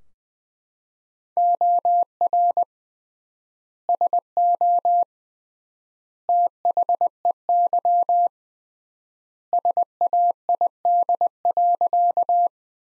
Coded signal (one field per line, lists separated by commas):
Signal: Morse code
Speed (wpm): 21 wpm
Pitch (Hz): 700 Hz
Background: none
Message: OR SO THEY SAID.